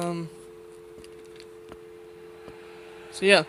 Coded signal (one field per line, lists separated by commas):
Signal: telephone call progress tone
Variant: North America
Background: speech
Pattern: dial tone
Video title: GPO 746 Rotary Telephone Touch Tone Converted + Ringer LED